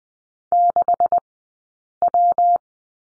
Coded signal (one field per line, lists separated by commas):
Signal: Morse code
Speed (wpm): 20 wpm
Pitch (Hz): 700 Hz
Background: none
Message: 6W